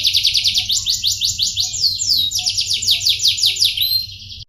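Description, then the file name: Atlantic canary singing a loud, rapid trill of repeated high notes that sweep downward in rolling series, over a steady low hum. Privately owned canary. "audio kenari nagasari"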